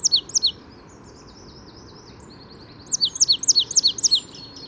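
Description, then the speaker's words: Marsh Tit song: quick series of high, downslurred whistled notes at the start, a pause with faint twittering, then another rapid run of repeated notes. Spring morning in the Paris region, France; resident birds, well fed at feeders here, sing as soon as mild weather arrives. "Voici le chant de la mésange nonnette."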